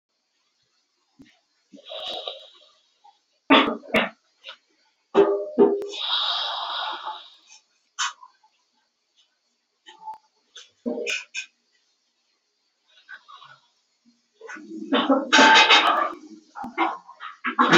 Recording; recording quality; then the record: deep breathing; moderate, slight background noise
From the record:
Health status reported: exposed to COVID-19, no respiratory illness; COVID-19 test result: not tested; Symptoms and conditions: none ticked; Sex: male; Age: 31 years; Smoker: not ticked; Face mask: not worn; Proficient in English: yes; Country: India